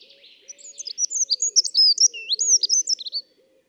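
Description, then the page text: Dunnock song, a hurried, continuous high-pitched warble of squeaky, wavering notes running for about three seconds. "Accenteur mouchet. Sonothèque ornithologie – Nature et Vie"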